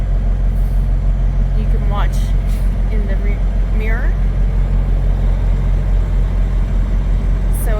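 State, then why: Not seated. A truck with the trailer brake set backs up to slide the tandem axle on a 53-foot trailer, aiming to drop the steel locking pins into the slider rail holes. A steady low engine rumble runs throughout, with a few brief hissing bursts while someone talks. The truck won't go in reverse, and the locking pins have not dropped into the rail holes or clicked yet.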